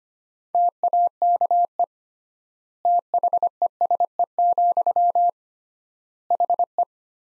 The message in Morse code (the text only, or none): TAKE THESE, HE